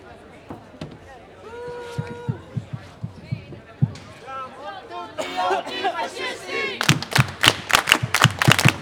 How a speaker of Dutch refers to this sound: We doen allemaal tegelijk schreeuwen en dan allemaal tegelijk klappen. En niet herhalen.